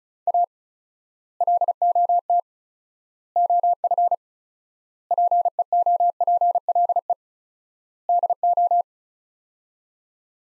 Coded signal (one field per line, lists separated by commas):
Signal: Morse code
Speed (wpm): 36 wpm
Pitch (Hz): 700 Hz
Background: none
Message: A LOT OF PEOPLE DO